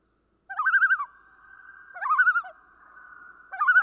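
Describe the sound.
Common loon giving wobbling phrases that rise steeply then flutter rapidly up and down, in three bursts with a steady humming tone between them.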